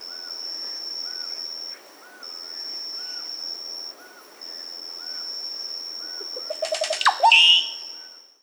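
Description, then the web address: Dusky-green oropendola delivers one rising series of bubbling notes climbing into a loud, sweeping liquid flourish, after soft repeated notes from another bird and a shrill insect tone with two brief breaks. South America. "Natures Songs S America Dusky-Green Oropendola"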